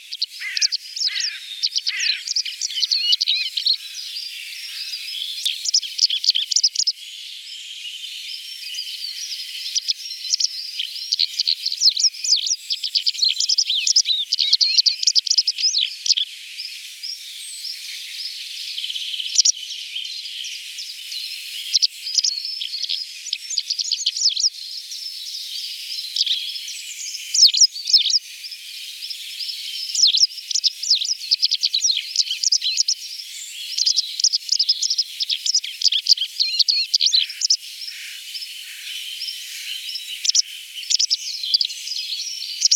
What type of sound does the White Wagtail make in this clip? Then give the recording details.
song. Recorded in the wild. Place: Lilienhof / Kaiserstuhl, Baden-Württemberg, DE. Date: 1989-03-26. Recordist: Schwarz, Dieter. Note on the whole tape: Song